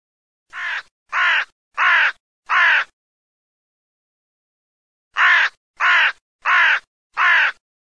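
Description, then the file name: Crow cawing: two bursts of four harsh, evenly spaced caws each, separated by a few seconds of silence. "CORNACCHIA"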